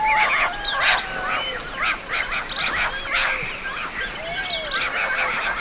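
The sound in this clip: Bird chorus of rapid overlapping chirps and twitters, with occasional drawn-out whistled notes sliding up and down beneath the chatter.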